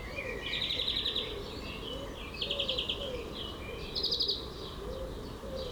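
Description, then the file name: European greenfinch song: three short rattling trills separated by soft twitters, with low rounded notes repeating in the background. "Chloris chloris"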